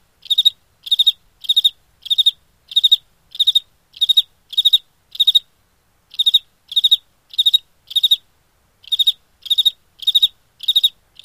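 Cricket chirping, short pulsed chirps of three or four pulses repeated in a steady series, with a brief pause midway; nothing else audible.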